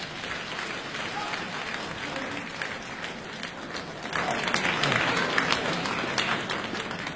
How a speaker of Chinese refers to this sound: 掌声有请两位。 掌声。